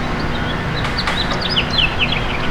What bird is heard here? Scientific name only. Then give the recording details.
Haemorhous mexicanus. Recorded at Bay Shore on Long Island, New York, on 29 May 2013. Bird H